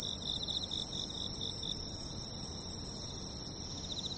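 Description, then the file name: Insect trill, high and pulsed, in short repeated bursts for the first seconds, set against a steady shrill whine and a hiss that cuts off near the end. At night in Kashiwa Town, Japan. "Japan Kashiwa Town Night Bug 2 MS 96 Khz 24 Bit"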